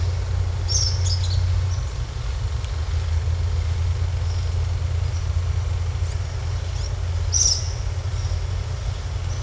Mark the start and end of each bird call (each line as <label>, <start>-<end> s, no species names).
bird call, 0.64-1.49 s
bird call, 7.32-7.60 s